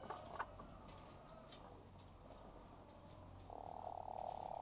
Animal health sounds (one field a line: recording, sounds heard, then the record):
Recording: poultry house recording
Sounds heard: sick chickens (respiratory disease)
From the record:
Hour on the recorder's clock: 13